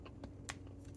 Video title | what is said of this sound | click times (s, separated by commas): Legacy United Cyberverse Universe Windblade Deluxe Figure - Rodimusbill Review | and that smacks into place. | 0.5 s